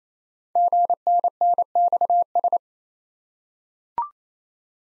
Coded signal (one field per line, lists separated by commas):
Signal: Morse code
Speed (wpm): 28 wpm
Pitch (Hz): 700 Hz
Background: none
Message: GNNXS